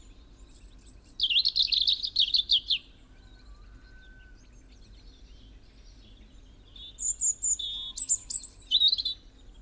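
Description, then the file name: European robin singing a fast, buzzy high trill, then after a pause a string of sweet, high, shifting whistled notes. "Erithacus rubecula"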